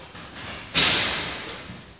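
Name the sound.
door being closed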